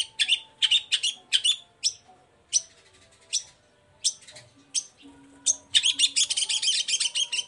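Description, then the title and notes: Long-tailed Shrike delivering clustered chattering bursts and single sharp notes, ending in a rapid, dense flurry of chirps. Cendet heard in the morning, singing the varied 'toet toet' notes; recording meant as a lure to provoke other shrikes into answering. "Langsung NYAUTTTTT ! Cendet Gacor Dor Di Kala Pagi Toet Toet Variasi Suara. Pancingan Emosi Cendet Gacor Full Variasi Toet Toet Bikin Nyaut Cendet Lain Langsung Ikutan Bunyi. Burung cendet"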